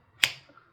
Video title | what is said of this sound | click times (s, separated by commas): Review & Thoughts on This Purple Dragon Black Fixed Blade Knife | positive lock, and you'll hear it pops into place. | 0.2 s